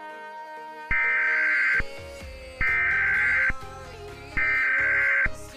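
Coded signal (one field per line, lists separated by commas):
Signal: Emergency Alert System (SAME) tones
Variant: header bursts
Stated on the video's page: Fictional mock EAS scenario about Witherstorm attacks, a 4th of July special.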